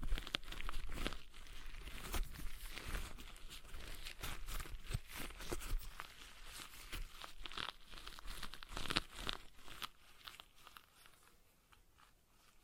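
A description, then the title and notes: A stress ball is squeezed and released, making dense crinkling, crackling bursts with frequent sharp clicks, loudest in the first few seconds. The sounds thin out and grow quieter after about ten seconds, fading toward near silence by the end. ASMR Relaxing Stress Ball Sounds (No Talking).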